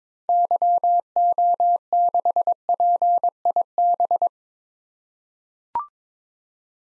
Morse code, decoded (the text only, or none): YO6PIB